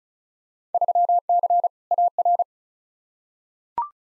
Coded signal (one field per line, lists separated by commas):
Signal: Morse code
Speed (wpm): 36 wpm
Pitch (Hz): 700 Hz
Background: none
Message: 3C AR